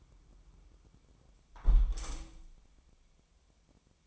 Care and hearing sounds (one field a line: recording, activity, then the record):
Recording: daily activity, microphone in the room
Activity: close window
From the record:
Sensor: 1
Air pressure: 1000.4 hPa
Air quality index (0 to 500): 165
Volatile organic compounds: 3 ppm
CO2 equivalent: 1521 ppm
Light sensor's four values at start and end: 11/28/11/13 and 11/27/11/13